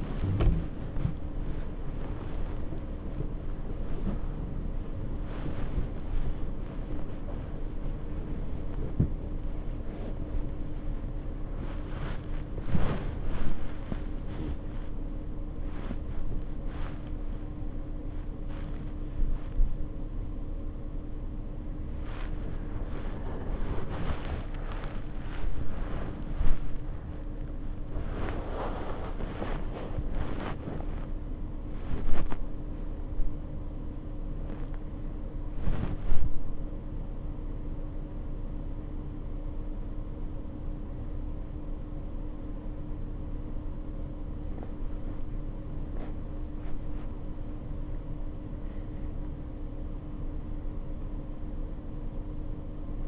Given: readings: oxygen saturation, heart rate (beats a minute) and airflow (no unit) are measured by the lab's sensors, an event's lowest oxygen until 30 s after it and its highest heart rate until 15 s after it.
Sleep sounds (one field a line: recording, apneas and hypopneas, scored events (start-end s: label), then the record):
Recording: a person awake in a sleep study, by a smartphone at the bedside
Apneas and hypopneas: none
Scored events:
4.00-53.08 s: awake
From the record:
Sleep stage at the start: awake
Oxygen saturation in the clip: 93 to 95%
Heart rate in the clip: 71 to 92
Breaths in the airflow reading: 10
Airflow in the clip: -6.5 to 9.9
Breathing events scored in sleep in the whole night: 520 in 7.2 hours asleep